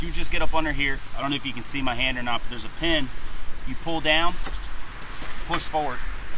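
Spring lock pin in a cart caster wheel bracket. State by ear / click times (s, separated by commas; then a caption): not seated / none. Someone talks while reaching under a mower-mounted cart hitch to handle the spring lock pin on a cart caster wheel bracket, pulling the pin down and pushing the caster wheel forward. A low steady hum runs beneath the talking. Nothing has seated or clicked yet.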